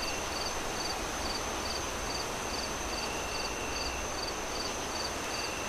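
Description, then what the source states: Cricket giving bright, clipped chirps at an even pace, about two or three each second, set against steady windy hiss. Crickets chirping on a windy night as the moon rises, with wind howling through the trees.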